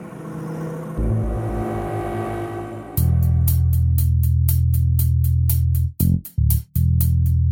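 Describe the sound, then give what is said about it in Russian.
A black minivan's engine idles with a low, steady hum, then bursts into a loud, pulsing roar as it revs hard and speeds off at night for a highway. The sound cuts out briefly twice near the end. “Они покинули форты Деймарми и несколько часов мчались на огромной скорости по ночной автостраде.”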